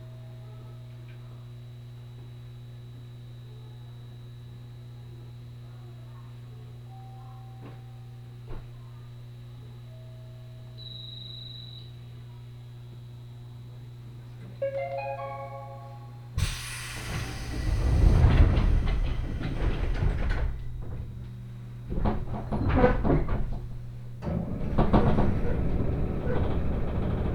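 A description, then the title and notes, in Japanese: A Senseki Line local train runs from Matsushima-Kaigan toward Ishinomaki. A steady low hum fills the first fifteen seconds, with one faint click near eight seconds, then a quick run of stepped chime tones. From about sixteen seconds, loud rushing rumble surges and wavers to the end. 仙石線 普通 松島海岸→石巻。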